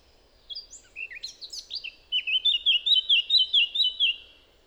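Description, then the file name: Eurasian blackcap song: a scratchy, chattering warble that breaks into a loud run of clear fluty notes. "Sylvia atricapilla"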